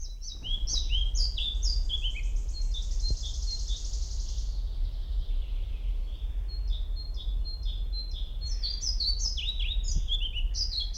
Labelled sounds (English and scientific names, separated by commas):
European Pied Flycatcher (Ficedula hypoleuca)